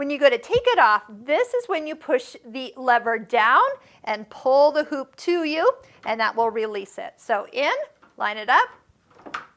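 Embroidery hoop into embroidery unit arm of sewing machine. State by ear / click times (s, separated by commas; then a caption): seated / 9.3 s. Someone talks while lining up an embroidery hoop's attachment bracket and pushing it between the silver upper and gray lower parts of the embroidery unit arm on a Husqvarna Viking EPIC 2 sewing machine. A sharp, short click is heard at 9.4 s as the hoop latches and seats onto the arm.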